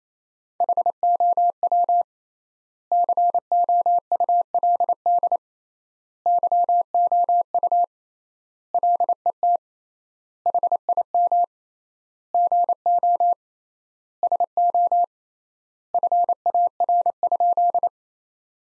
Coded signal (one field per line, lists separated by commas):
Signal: Morse code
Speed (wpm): 28 wpm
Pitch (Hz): 700 Hz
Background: none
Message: HOW COULD YOU LET HIM GO SO FAR?